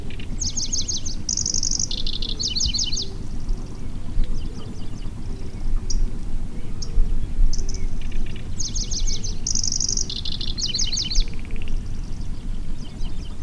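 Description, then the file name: Pallas's grasshopper warbler song: two high phrases of rapid rattling and buzzy notes, one near the start and one later, with scattered chips between, over a steady low rumble. "Golosa ptic - Pevchij sverchok Locustella certhiola"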